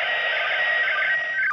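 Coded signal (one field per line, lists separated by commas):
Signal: SSTV (slow-scan television)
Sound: warbling, stepping whistle tones around 1.5-2.2 kHz with short lower chirps under hiss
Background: radio static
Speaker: It might have been a little early, but I went ahead and made my Doppler shift adjustment.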